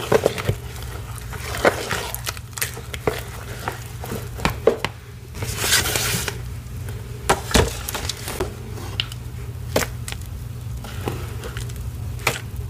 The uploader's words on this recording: Soft BSN Gym Chalk Water Crushes. Some soft BSN water crushes, Ader crush + mixing paste. Mixing paste and mudpie results crushed at the end.